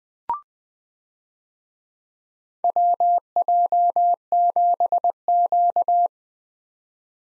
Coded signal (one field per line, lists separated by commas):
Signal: Morse code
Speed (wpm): 20 wpm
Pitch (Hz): 700 Hz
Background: none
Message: WJ7Q